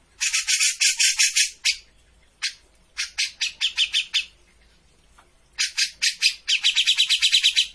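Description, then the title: Grey-cheeked bulbul song of fast, buzzy chattering bursts separated by pauses, the last burst long and rapid. Bird-training master of a bird in full song (gacor). "Cucak Jenggot Gacor. Masteran burung cucak jenggot ! Suaka burung"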